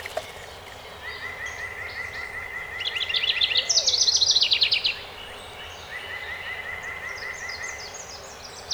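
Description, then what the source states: House wren song: a bright, bubbly trilled burst lasting about two seconds, rising then tumbling down, between steady thin whistled notes from another bird. Recorded 12 May 2018.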